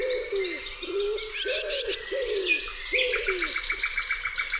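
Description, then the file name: Common wood pigeon cooing: low, soft arched coos in a steady rhythmic series, with a busy chorus of high chirping songbirds over the top. "grzywacz"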